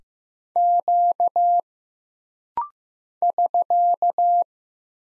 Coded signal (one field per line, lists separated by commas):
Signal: Morse code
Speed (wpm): 15 wpm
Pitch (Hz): 700 Hz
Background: none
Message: Q <SK>